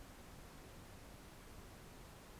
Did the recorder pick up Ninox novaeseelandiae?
no